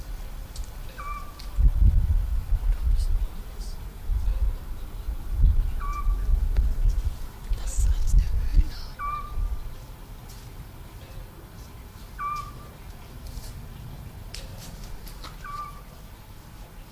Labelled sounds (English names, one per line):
Eurasian Scops Owl